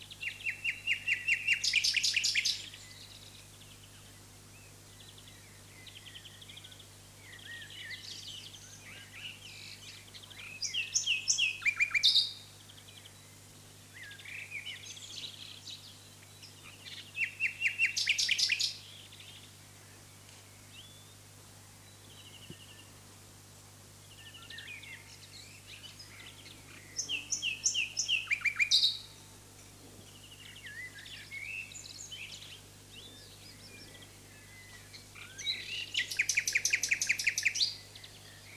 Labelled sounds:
Common Nightingale song

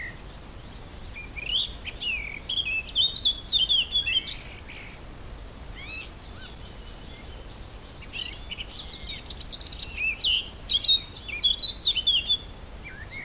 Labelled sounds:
Eurasian Blackcap song

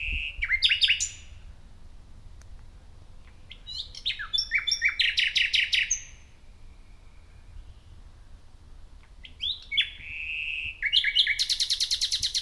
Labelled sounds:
Common Nightingale song

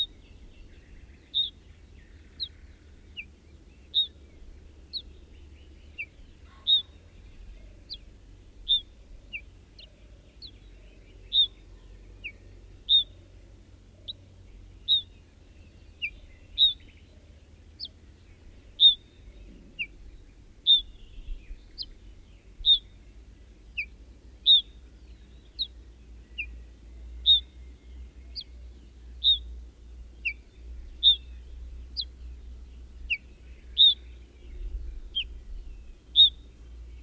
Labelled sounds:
Ortolan Bunting

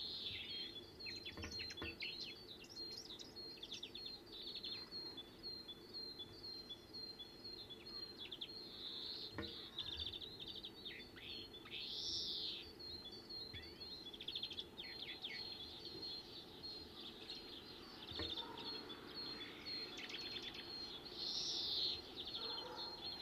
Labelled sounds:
European Greenfinch song

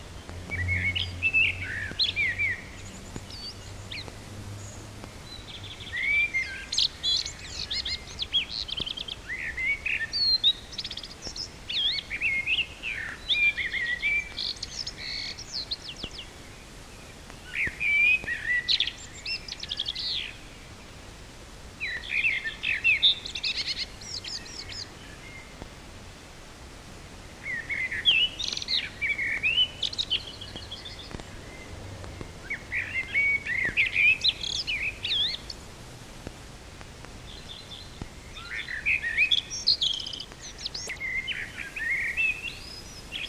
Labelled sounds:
Common Blackbird song

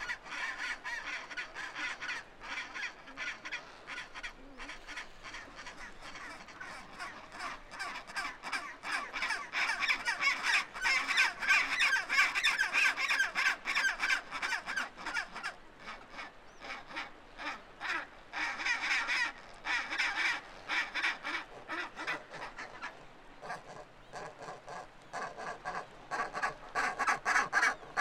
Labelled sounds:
Chinstrap Penguin call

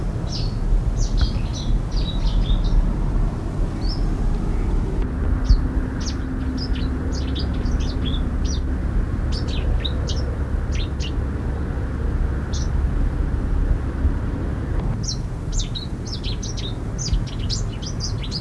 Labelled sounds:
Cetti's Warbler song

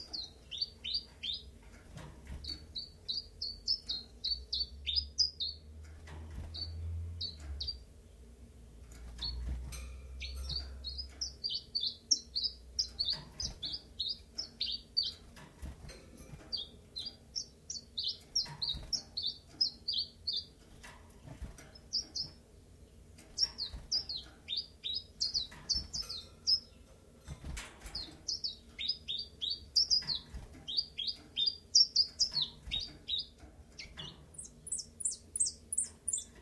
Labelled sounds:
Common Chiffchaff

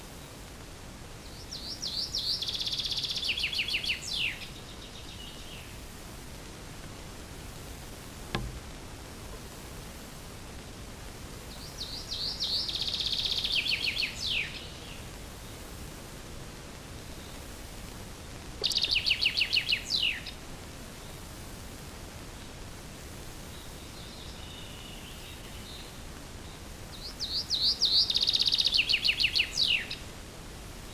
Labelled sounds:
Common Chaffinch song

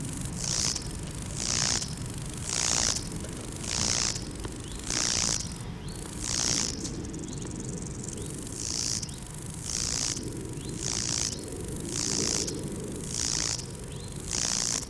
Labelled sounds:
Lesser Marsh Grasshopper stridulation

